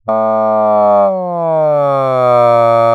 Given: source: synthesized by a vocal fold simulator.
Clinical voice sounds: sustained vowel; male; asymmetry, level 31 of 51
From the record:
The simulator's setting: 4.00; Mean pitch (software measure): 127 Hz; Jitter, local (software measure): 0.21%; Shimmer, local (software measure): 1.4%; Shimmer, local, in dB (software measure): 0.11 dB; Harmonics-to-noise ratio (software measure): 32.9 dB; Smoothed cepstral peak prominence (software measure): 23.7 dB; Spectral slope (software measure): -18.9 dB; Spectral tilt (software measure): -13.0 dB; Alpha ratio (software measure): -9.4 dB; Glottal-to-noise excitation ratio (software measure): 0.954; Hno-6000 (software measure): 3.1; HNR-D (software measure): 28.2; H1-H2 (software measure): -1.7 dB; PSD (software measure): 1.4e-03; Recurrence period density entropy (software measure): 0.114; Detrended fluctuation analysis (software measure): 0.0442

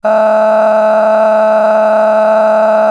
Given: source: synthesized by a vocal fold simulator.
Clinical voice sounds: sustained vowel; female; a random mix of aspiration noise, stiffness perturbation and strain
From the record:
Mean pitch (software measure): 216 Hz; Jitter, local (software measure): 2.02%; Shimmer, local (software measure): 10.8%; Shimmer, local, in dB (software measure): 0.96 dB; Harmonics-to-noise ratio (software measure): 13.6 dB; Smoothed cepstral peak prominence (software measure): 13.1 dB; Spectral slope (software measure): -22.4 dB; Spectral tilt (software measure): -11.0 dB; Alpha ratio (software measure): -12.9 dB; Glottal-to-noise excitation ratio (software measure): 0.929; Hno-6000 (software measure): 2.2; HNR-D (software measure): 31.9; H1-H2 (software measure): 2.4 dB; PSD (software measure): 8.8e-05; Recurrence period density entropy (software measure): 0.115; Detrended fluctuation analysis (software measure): 0.0171

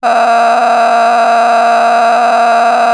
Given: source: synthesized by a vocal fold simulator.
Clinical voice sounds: sustained vowel; female; a random mix of aspiration noise, stiffness perturbation and strain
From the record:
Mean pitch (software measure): 233 Hz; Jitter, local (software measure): 3.17%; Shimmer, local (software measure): 12.2%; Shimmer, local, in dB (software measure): 1.09 dB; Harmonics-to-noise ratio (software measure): 9.5 dB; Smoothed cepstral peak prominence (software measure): 11.2 dB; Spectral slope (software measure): -17.5 dB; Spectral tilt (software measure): -9.6 dB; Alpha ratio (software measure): -8.0 dB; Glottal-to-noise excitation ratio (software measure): 0.924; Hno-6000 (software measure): 1.8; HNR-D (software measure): 29.1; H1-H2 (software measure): -2.2 dB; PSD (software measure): 1.6e-04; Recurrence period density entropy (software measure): 0.123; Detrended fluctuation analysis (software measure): 0.0118

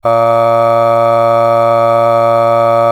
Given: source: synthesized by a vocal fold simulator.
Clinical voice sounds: sustained vowel; male; aspiration noise (breathiness), level 6 of 10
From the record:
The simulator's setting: 1.07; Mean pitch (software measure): 115 Hz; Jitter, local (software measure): 0.35%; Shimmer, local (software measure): 3.4%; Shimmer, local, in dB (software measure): 0.30 dB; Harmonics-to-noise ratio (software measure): 22.4 dB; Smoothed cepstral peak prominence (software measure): 18.3 dB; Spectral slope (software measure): -17.1 dB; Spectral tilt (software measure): -8.9 dB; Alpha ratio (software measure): -7.6 dB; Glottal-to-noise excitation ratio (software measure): 0.979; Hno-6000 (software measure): 2.2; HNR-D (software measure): 23.8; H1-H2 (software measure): 4.9 dB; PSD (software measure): 2.8e-05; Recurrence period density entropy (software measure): 0.107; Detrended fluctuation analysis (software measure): 0.0545

